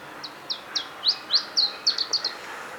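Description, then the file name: Iberian chiffchaff song: a quickening series of short, sweet notes dropping in pitch, ending in a faster run of paired notes, over steady background noise. "iberischer zilpzalp"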